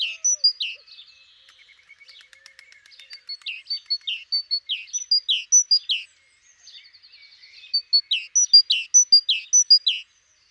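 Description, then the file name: Great tit song: quick repeated two-note phrases, a thin high note then a lower slurred one, broken by quieter stretches, one with soft chattering, before the phrases return. "Parus major"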